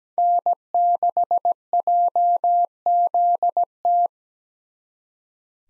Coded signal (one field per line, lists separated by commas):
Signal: Morse code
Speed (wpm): 17 wpm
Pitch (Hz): 700 Hz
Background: none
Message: N6JZT